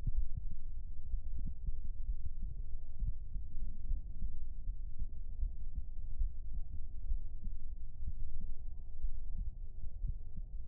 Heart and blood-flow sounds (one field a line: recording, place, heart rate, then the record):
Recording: heart sounds by stethoscope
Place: pulmonary valve (PV)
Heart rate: 65 bpm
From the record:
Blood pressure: 106/76 mmHg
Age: 28 years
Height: 165 cm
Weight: 68 kg